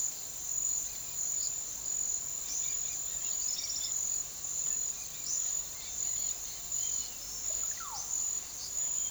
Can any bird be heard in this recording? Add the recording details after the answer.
yes. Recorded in pastures near Puerto Asís, Putumayo, Colombia, on 12 March 2025 at 10:00. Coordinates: 0.487, -76.322. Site G077